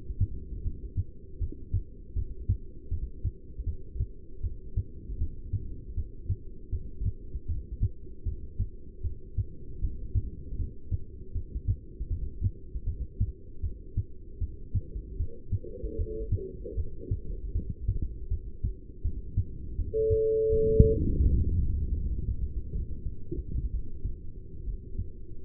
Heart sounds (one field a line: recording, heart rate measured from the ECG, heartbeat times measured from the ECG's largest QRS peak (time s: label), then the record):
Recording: heart sounds by stethoscope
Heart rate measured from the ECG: 77 bpm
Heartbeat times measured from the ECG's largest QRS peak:
0.63 s: heartbeat
1.39 s: heartbeat
2.14 s: heartbeat
2.90 s: heartbeat
3.65 s: heartbeat
4.42 s: heartbeat
5.19 s: heartbeat
5.95 s: heartbeat
6.71 s: heartbeat
7.47 s: heartbeat
8.24 s: heartbeat
9.02 s: heartbeat
9.80 s: heartbeat
10.57 s: heartbeat
11.33 s: heartbeat
12.09 s: heartbeat
12.85 s: heartbeat
13.62 s: heartbeat
14.39 s: heartbeat
15.18 s: heartbeat
15.97 s: heartbeat
16.76 s: heartbeat
17.53 s: heartbeat
18.29 s: heartbeat
19.03 s: heartbeat
19.77 s: heartbeat
20.50 s: heartbeat
21.24 s: heartbeat
21.95 s: heartbeat
22.73 s: heartbeat
23.72 s: heartbeat
24.65 s: heartbeat
From the record:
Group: heart failure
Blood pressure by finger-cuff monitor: 164/114 mmHg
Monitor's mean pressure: 132 mmHg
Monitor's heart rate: 78 bpm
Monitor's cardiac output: 7.2 L/min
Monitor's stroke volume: 92 mL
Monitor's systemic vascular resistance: 1390 dyn s/cm5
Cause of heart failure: non-ischemic cardiomyopathy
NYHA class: 1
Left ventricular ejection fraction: 62%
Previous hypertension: present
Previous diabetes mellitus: present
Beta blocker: bisoprolol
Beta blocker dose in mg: 10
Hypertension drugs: sacubitril-valsartan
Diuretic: furosemide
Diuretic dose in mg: 20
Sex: male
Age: 49 years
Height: 167 cm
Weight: 110 kg